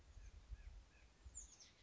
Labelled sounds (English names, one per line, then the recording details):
White-breasted Nuthatch
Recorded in Sonoma County, California